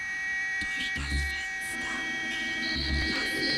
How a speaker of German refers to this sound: Etwas summt. Etwas summt. Etwas summt herum. Etwas summt im Fenster herum. Etwas will hinaussummen.